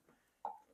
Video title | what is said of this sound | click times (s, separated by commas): Milwaukee vs DeWalt 2-Gallon Cordless Shop Vac — After Years of Use | And when you're done, you snap this right here. | 0.4 s